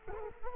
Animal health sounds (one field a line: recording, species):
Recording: mosquito wingbeat signal from an infrared sensor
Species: Culex quinquefasciatus